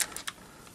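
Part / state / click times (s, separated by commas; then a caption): pink plastic toy piece onto robot legs / not seated / none. A pink plastic piece is handled against the legs of a combining robot toy, giving a sharp plastic tap at the very start and lighter ticks around 0.2 and 0.3 seconds before quieter rustling. The piece has not snapped on yet; nothing has seated or clicked.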